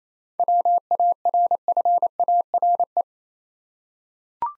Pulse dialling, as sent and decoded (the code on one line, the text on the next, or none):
none